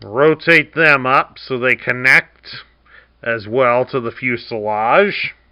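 Someone talks while rotating the plastic air intake pieces of a Transformers Kingdom Starscream transforming robot toy up so they connect to the fuselage. No click is heard: the pieces are still being handled and have not seated or clicked into place yet.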